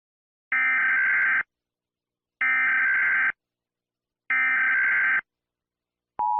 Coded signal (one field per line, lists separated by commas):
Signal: Emergency Alert System (SAME) tones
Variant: header bursts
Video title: The Fractured Union - EAS Scenario